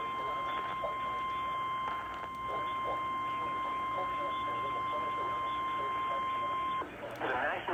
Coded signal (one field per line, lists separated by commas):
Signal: Emergency Alert System (SAME) tones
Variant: 1050 Hz attention tone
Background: speech